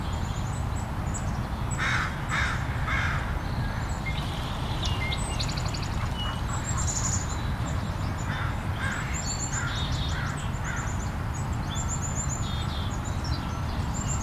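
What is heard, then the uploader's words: Early-morning birdsong in a park: crows caw repeatedly around two to three seconds and again near nine to ten seconds, while smaller birds add thin, high chirps and trills throughout. Underneath lies a steady, low rumble, like traffic or wind, that never lets up. I recorded some bird sounds at Meadowbrook Park, Seattle, early in the morning.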